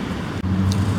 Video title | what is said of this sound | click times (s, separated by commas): Origami Paddler - EASY FOLD & CARRY - 2 in 1 Kayak/Paddleboard - Setup and Transport Dolly System | now we're going to assemble the kayak let me just do that see that these clip into place as well | 0.7 s